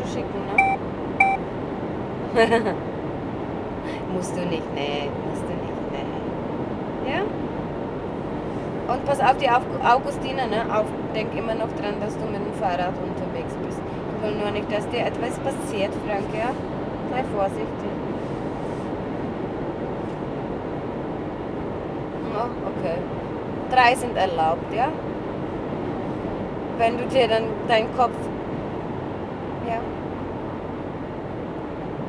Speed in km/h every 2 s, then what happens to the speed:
101, 98, 99, 98, 97, 96, 96, 98, 99, 99, 100, 99, 100, 100, 97, 96.
0-32 steady at about 98.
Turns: none.